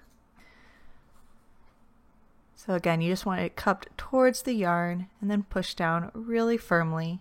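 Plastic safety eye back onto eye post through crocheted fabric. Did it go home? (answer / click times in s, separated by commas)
no / none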